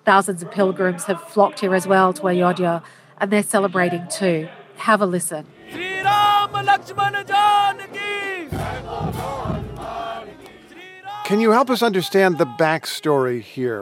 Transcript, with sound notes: Thousands of pilgrims have flocked here, as well, to Ayodhya, and they're celebrating, too. Have a listen.
(Chanting in non-English language) Can you help us understand the backstory here?